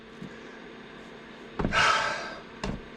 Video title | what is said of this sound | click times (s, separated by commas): Shark Byte 3in Armattan Gecko Build Part 2 of 3, The Build & A Bit Of Murphy. | screw stripped out | 1.6 s, 1.7 s, 2.6 s